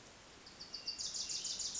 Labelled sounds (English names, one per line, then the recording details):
Wilson's Warbler
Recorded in Sonoma County, California